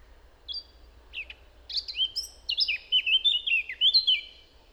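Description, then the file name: Eurasian blackcap song, a few scattered soft notes building into a fast run of rich fluty warbles, faint low rumble throughout. "Sylvia atricapilla"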